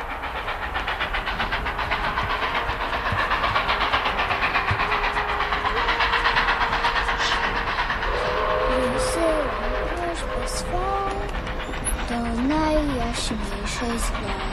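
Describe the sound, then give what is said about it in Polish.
A steady, loud rumbling hiss of a running train fills the whole stretch, with brief high whistle tones and voices rising over the noise in the second half. “To tym razem do naszego bożonarodzeniowego pociągu.”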